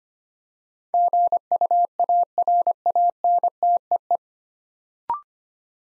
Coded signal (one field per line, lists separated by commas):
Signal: Morse code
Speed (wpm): 25 wpm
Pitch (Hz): 700 Hz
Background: none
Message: GUARANTEE